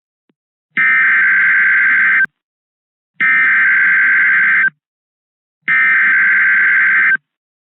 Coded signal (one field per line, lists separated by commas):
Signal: Emergency Alert System (SAME) tones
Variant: header bursts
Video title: Severe Thunderstorm Warning Noaa Weather Radio Station KID 77 Kansas City MO 6/9/26